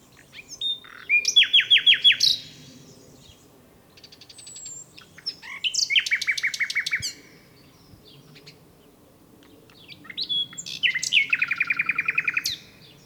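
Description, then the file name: Common nightingale song with three loud phrases, each a fast run of repeated rattling notes after short introductory chirps, separated by pauses of a few seconds. "Luscinia megarhynchos"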